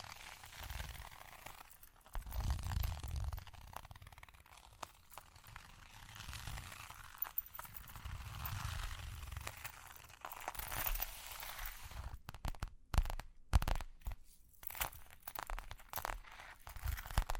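Scratching and tapping with a dry, crunchy, crinkling texture run throughout, over soft low rumbles that swell around the third and ninth seconds. After about twelve seconds the sound turns choppy, with sharp bursts broken by brief silences.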